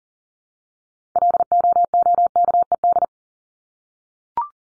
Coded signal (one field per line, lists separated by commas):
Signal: Morse code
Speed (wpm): 39 wpm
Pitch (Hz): 700 Hz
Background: none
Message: LOOKED